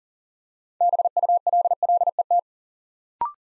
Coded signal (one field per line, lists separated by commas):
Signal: Morse code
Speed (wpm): 39 wpm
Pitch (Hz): 700 Hz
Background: none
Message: BULLET